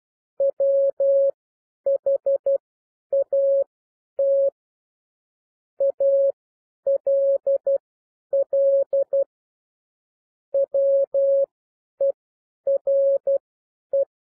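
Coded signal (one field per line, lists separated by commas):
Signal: Morse code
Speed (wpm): 12 wpm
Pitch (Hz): 550 Hz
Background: none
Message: WHAT ALL WERE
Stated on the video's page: Morse reading lesson with characters at 12 wpm and overall speed 9 to 12 wpm.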